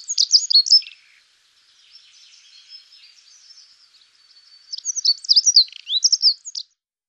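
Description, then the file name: Dunnock song: a rapid, high, jumbled warble of squeaky notes, with a brief burst at the start, a faint thin stretch in the middle, then a longer bright burst. "passera scopaiola"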